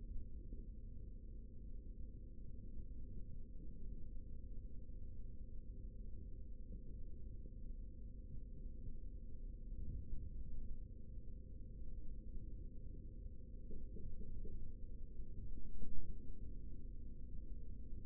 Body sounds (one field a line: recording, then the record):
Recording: forearm muscle sounds (acoustic myography)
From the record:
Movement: rest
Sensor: system 3, bracelet of six PUI Audio POM-2738L microphones around the upper forearm, with dedicated amplification and filtering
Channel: 6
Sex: male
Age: 56 years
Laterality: right